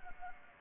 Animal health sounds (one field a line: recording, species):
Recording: mosquito wingbeat signal from an infrared sensor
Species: Anopheles arabiensis